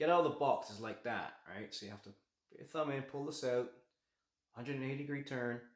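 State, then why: Not seated. A locking clip on the leg mount of a Samsung The Frame QLED 4K UHD TV is handled: it is pulled out with a thumb and given a 180-degree turn while someone talks throughout. No clicks or sudden sounds are heard, and nothing has clicked or seated into place yet.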